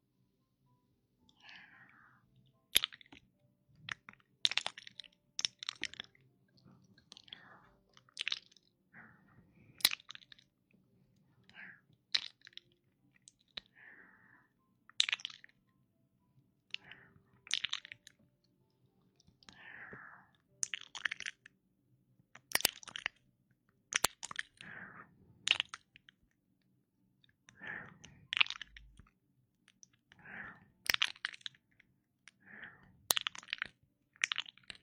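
Warm breathing close to the ear, coming in short soft puffs every one to two seconds for the whole stretch. Crisp, wet mouth clicks and smacks cut through many of the breaths, over a faint low hum that stays steady underneath.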